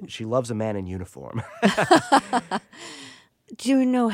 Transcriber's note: laughter